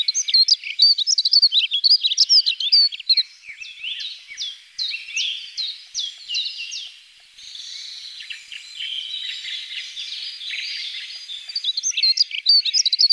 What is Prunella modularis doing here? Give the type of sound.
song